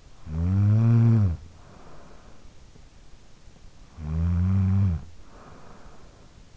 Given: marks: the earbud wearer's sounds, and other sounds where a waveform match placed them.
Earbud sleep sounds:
sounds in sleep by an in-ear microphone; snoring breath
0.00-2.71 s: snoring breath
3.54-6.57 s: snoring breath

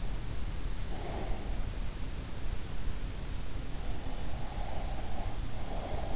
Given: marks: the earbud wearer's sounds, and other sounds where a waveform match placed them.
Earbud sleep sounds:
sounds in sleep by an in-ear microphone; breath
0.93-1.51 s: breath
4.36-6.16 s: breath

